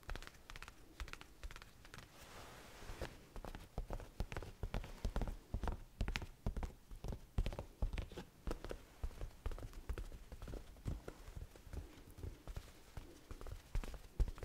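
Slow tapping, a steady series of sharp knocks that sound a bit like hooves clip-clopping. The taps come roughly a few per second, unevenly spaced, each a short bright click with some low thump, over a faint hiss throughout.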